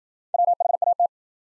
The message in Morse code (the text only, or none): WHAT